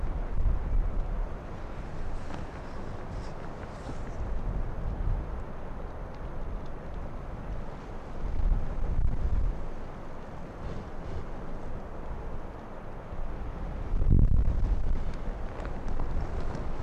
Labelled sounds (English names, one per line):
Arctic Fox